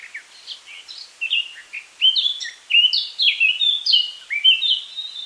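Eurasian Blackcap song: a quieter scratchy warble that breaks into loud, clear fluty phrases continuing to the end.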